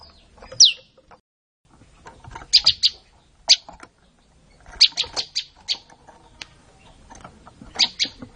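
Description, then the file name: Olive-backed tailorbird calls: high notes sliding steeply downward, mixed with short clusters of sharp chips and scattered softer sounds. "suara-burung-prenjak-lumut -omkicau"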